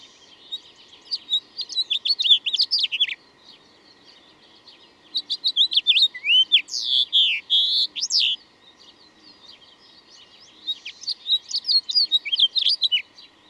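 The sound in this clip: Bird song in three bursts of fast, high chirps and rising and falling whistled trills, each about three seconds long and separated by short pauses, over a faint hum.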